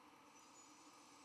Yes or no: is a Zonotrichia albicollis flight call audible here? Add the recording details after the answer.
no. No flight call is heard. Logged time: 04:02 on 12 November 2014